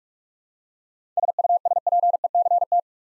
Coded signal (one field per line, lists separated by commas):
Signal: Morse code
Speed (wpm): 46 wpm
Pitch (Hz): 700 Hz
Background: none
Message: SUSPECT